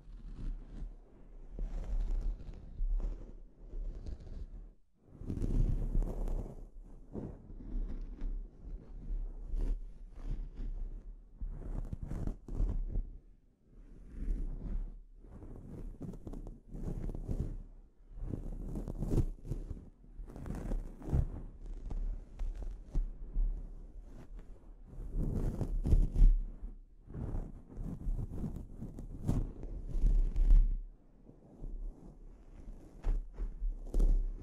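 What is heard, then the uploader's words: Scalp treatment sounds: dense, soft scrubbing and rubbing with a constant low rumble, rising and falling in bursts, with brief sharp clicks throughout. ASMR Sleep Inducing Scalp Treatment (No Talking).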